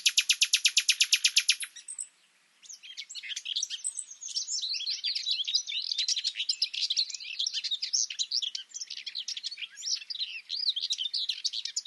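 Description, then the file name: Common nightingale song opening with a fast, buzzy burst of repeated notes, then a dense, continuous jumble of high chirps and twitters. "Luscinia megarhynchos"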